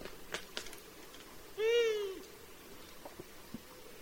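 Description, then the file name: Long-eared owl call: a single nasal, wailing note that rises slightly then falls away, rich in overtones, with a few faint clicks and taps around it. "Hibou moyen duc"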